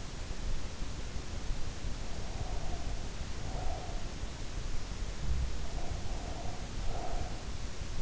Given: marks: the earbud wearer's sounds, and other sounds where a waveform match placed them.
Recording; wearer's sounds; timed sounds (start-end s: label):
sounds in sleep by an in-ear microphone; breath
1.77-4.11 s: breath
5.17-7.14 s: breath